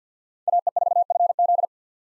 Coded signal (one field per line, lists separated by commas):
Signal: Morse code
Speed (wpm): 50 wpm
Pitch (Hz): 700 Hz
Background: none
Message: AE4FZ